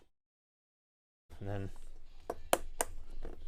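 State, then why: Seated. After about 1.3 seconds of silence, someone talks while the slot locks are pulled back and a DDR4 memory module is pressed into a motherboard DIMM slot. Sharp clicks sound at 2.5 s and 2.8 s as the retention latches snap shut, and the module is seated.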